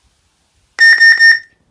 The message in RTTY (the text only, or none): none